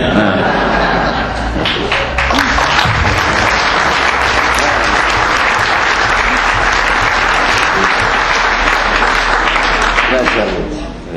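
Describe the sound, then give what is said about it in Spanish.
A crowd applauds steadily and loudly for about ten seconds at the close of a tribute event, welcoming Numa Morales: a dense wash of clapping with scattered voices and a few cheers underneath, fading slightly at the end. “Qué manera de finalizar este encuentro, este homenaje, recibiendo con este aplauso nada menos que a Numa Morales.”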